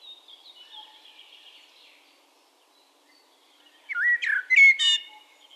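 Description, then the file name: Common blackbird song: faint high twittering at first, then a loud burst of fluty, swooping notes with a squeaky finish. "Turdus merula"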